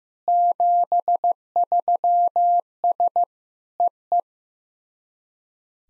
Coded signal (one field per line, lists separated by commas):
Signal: Morse code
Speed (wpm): 15 wpm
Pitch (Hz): 700 Hz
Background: none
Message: 73S EE